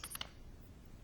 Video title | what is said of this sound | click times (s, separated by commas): How to Disassemble and Reassemble the LanLan 2x2! | turning it until you get the right and then you'll hear that snap | 0.2 s